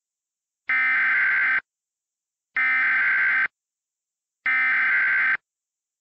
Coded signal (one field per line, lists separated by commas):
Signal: Emergency Alert System (SAME) tones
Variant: header bursts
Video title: Mock EAS Request: Van Wert, County, Ohio Tornado Warning